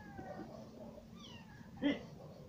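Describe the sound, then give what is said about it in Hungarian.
A cat meows several times in soft, wavering, high-pitched cries, ending with one louder, sharper meow over a steady low background hum. “Hol nyámog egy macska megy?”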